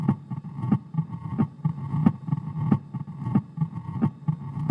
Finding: Mitral stenosis apex.